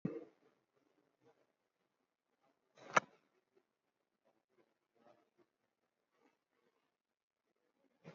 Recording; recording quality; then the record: deep breathing; poor, much background noise or distortion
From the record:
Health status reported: COVID-19 positive, moderate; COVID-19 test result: positive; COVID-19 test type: RT-PCR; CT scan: taken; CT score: 16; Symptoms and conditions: cough, cold, breathing difficulty, sore throat, fever, fatigue, muscle pain, loss of smell and taste, diabetes, ischaemic heart disease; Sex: male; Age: 58 years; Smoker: no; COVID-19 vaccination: both doses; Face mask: worn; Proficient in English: yes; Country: India